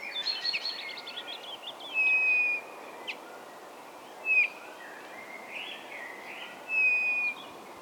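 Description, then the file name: Eurasian bullfinch giving three soft piping whistles spaced a couple of seconds apart, with quieter chirps and twittering between. "Pyrrhula pyrrhula"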